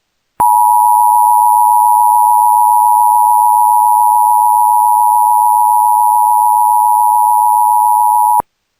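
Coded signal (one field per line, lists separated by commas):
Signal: Emergency Alert System (SAME) tones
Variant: 853 and 960 Hz attention tone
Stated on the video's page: Fictional zombie-virus EAS scenario, a recreation.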